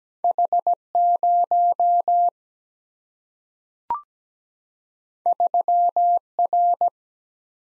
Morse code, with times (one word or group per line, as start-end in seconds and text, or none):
0.2-0.7 H
0.9-2.3 0
5.3-6.2 3
6.4-6.9 R